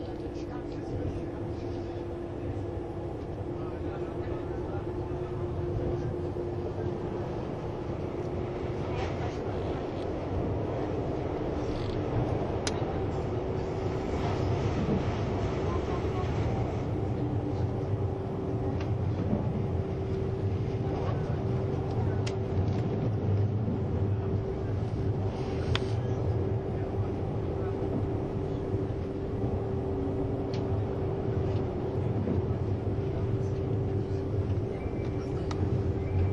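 A Swiss ICN tilting train runs steadily with a deep continuous rumble, a sustained low hum throughout, and occasional faint clicks and knocks.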